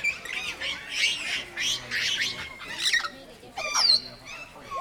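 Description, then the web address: Grey parrot giving rough, rasping squawks about once a second, followed by a sharp whistle near the end. At Nyíregyháza Zoo in 2019, in calm surroundings. "jako papagaj nyugiskornyezet nyiregyhaza"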